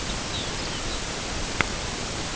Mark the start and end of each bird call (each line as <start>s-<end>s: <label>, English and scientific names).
0.00s-1.10s: Lapland Longspur (Calcarius lapponicus)